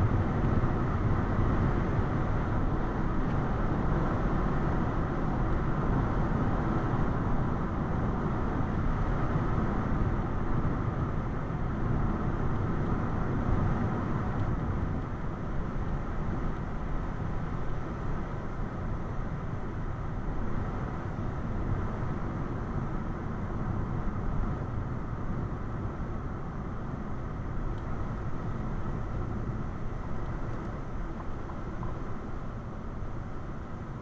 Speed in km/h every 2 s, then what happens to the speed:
95, 95, 95, 95, 93, 92, 89, 87, 84, 82, 79, 77, 74, 71, 68, 66, 63.
0-15 steady at about 93. 15-34 slows to 63.